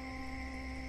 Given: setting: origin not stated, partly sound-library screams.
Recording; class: one-second piece from a danger detection set; normal situation